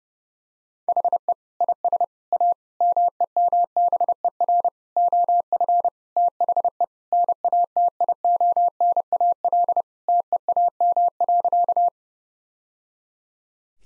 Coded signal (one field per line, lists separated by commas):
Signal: Morse code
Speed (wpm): 32 wpm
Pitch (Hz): 700 Hz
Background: none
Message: HE IS A MEMBER OF THE NATIONAL TEAM.